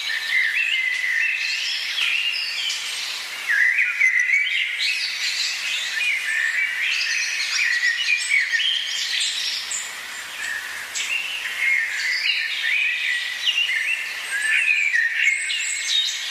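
A forest soundscape filled with continuous, dense birdsong, many chirps and trills overlapping without pause across all sixteen seconds. The calls are bright and high, with a steady hiss of insects or chatter beneath and almost no low sound.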